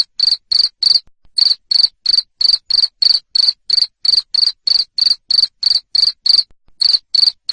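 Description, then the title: Cricket producing strong, high-pitched chirps in a quick regular train, pausing briefly twice. Loud cricket chirping played to stimulate lovebirds to keep singing. "Suara JANGKRIK NGERIK Keras Bikin LOVEBIRD Jadi NGEKEK Terus"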